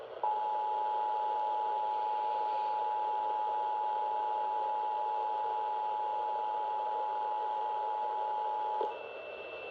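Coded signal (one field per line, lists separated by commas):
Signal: Emergency Alert System (SAME) tones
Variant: 853 and 960 Hz attention tone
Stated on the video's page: Real Required Monthly Test originated by WNYC-FM 93.9 MHz, caught on five different radio stations in New York City.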